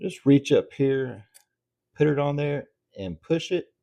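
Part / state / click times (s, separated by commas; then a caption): bobbin case into sewing machine rotary hook / not seated / none. A bobbin case holding a wound bobbin is handled by hand at the rotary hook of a Vevor M2 industrial sewing machine, with the U-shaped cutout at the very top. Someone talks throughout, with short pauses between phrases. Nothing has seated or clicked yet; the clip ends just before the case goes home.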